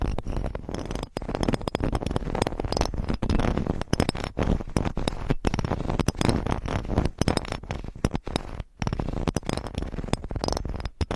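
Scratching on microphones with fingernails and covers, a dense, restless stream of rough scraping strokes across the whole 11 seconds. The strokes come fast and unevenly, with brief sharp dropouts between bursts, and the grainy texture stays heavy in the lows while reaching bright highs.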